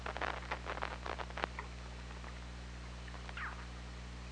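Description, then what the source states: Killer whale pulsed bursts in quick succession early on, then a brief curving tonal call, all over a constant low underwater hum. Hydrophone at OrcaLab, 24 August 2017, around 21:18.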